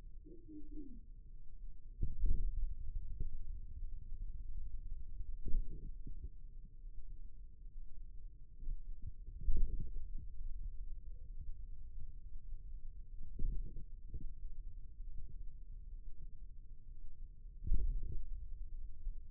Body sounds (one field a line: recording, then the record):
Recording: forearm muscle sounds (acoustic myography)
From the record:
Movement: radial deviation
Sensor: system 2, bracelet of six BSWA MPA416 microphones around the upper forearm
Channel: 4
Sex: male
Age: 22 years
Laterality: right